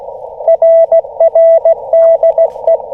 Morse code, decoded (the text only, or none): RR DE